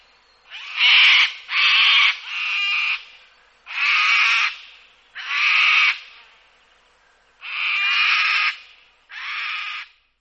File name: Sulpur crested cockatoo